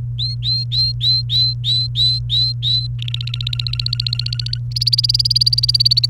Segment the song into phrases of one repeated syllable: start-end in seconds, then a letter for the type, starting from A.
0.18-2.87 A, 2.99-4.58 B, 4.76-6.06 C